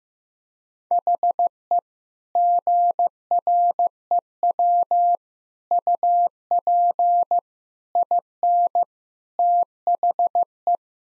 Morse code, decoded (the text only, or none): HE GREW UP IN THE